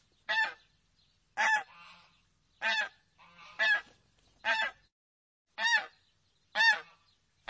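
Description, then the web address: Goose honks, loud nasal calls repeated with brief quiet between them. "geese ducks"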